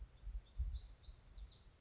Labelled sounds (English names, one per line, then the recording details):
Black-throated Gray Warbler
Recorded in Sonoma County, California